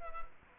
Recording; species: mosquito wingbeat signal from an infrared sensor; Culex quinquefasciatus